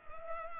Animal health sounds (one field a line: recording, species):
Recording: mosquito wingbeat signal from an infrared sensor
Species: Culex pipiens